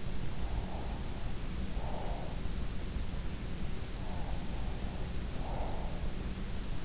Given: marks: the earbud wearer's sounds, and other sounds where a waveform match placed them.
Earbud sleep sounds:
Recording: sounds in sleep by an in-ear microphone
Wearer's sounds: breath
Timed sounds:
0.39-2.28 s: breath
4.04-5.91 s: breath

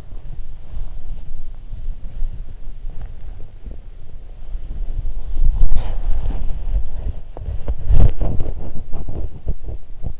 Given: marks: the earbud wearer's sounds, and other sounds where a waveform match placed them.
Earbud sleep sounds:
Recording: sounds in sleep by an in-ear microphone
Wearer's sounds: body movement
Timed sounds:
0.00-10.20 s: body movement

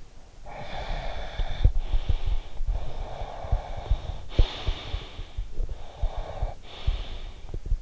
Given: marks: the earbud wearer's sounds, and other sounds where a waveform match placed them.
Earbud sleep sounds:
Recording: sounds in sleep by an in-ear microphone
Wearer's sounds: snoring breath, breath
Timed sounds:
0.43-2.44 s: snoring breath
2.77-5.43 s: breath
5.69-7.80 s: breath

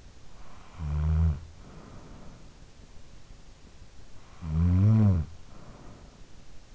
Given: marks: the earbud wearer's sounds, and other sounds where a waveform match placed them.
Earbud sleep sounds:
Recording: sounds in sleep by an in-ear microphone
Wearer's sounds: snoring breath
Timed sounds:
0.00-2.73 s: snoring breath
4.15-6.70 s: snoring breath

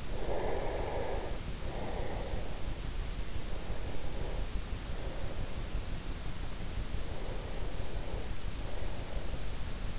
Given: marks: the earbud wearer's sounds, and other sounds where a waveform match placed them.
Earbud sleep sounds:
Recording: sounds in sleep by an in-ear microphone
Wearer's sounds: breath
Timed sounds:
0.00-3.14 s: breath
3.42-9.99 s: breath

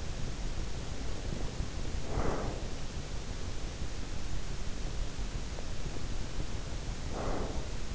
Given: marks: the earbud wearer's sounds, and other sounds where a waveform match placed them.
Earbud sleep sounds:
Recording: sounds in sleep by an in-ear microphone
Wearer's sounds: breath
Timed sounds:
1.82-2.85 s: breath
6.79-7.95 s: breath

